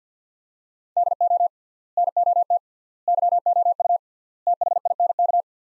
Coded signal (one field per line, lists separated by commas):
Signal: Morse code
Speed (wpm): 50 wpm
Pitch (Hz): 700 Hz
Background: none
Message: DO NOT YOU THINK